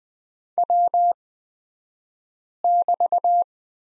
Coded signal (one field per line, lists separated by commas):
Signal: Morse code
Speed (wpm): 20 wpm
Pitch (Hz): 700 Hz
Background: none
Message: W<BT>